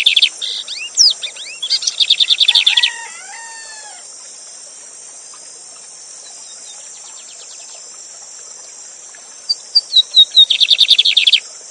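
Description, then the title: Lined seedeater giving two song phrases of quick whistles and buzzy trills, with descending slurred notes after the first, and a long quiet gap filled by rushing water. Teacher bird used to train song, singing live with a waterfall. "Novo Canto de Bigodinho. Bigode Gavião negro professor de canto cantando ao vivo com cascata!"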